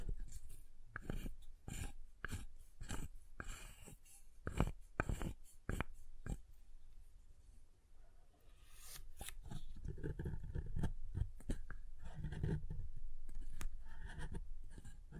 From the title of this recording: SoftHard Soap Tapping and Carving